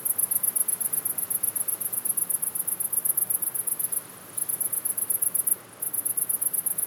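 Cricket chirping in rapid, high-pitched pulses, steady throughout with two short breaks near four and five and a half seconds.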